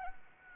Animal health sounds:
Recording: mosquito wingbeat signal from an infrared sensor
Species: Anopheles arabiensis

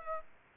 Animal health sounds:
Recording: mosquito wingbeat signal from an infrared sensor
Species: Aedes aegypti

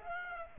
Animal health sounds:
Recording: mosquito wingbeat signal from an infrared sensor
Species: Aedes aegypti

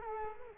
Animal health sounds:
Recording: mosquito wingbeat signal from an infrared sensor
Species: Culex quinquefasciatus

